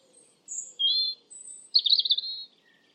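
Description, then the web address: European robin song fragment: a few thin high whistled notes, a sliding phrase, then a fast sparkling trill, with quiet pauses between. "Deverinetal 2025"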